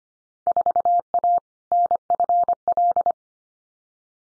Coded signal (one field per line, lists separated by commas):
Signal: Morse code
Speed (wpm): 25 wpm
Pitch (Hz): 700 Hz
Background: none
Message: 4A NFL